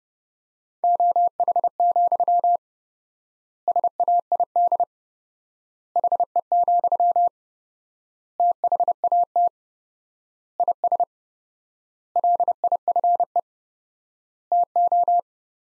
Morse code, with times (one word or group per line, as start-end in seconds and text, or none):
0.8-2.6 OH,
3.7-4.8 SAID
6.0-7.3 HE,
8.4-9.5 THAT
10.6-11.0 IS
12.2-13.4 LIFE
14.5-15.2 TO